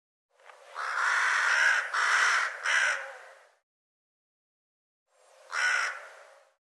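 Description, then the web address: Bird calling with harsh, raspy caws: three run together, then after a pause a single caw. "cianscape birddata"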